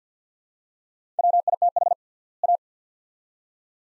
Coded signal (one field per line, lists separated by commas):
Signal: Morse code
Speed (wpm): 50 wpm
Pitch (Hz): 700 Hz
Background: none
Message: WITH A